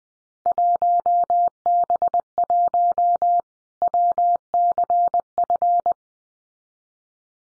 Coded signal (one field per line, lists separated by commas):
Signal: Morse code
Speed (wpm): 20 wpm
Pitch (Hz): 700 Hz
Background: none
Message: 1B1 WCF